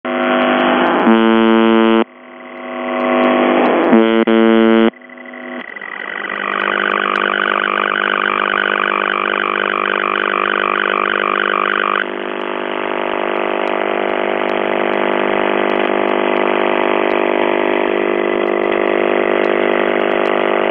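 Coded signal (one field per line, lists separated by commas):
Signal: channel marker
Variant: UVB-76 (The Buzzer)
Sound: harsh low buzzing in a few bursts, then a long continuous buzz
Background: radio static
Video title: The Buzzer/UVB-76(4625Khz) September 16, 2021 13:06UTC Voice message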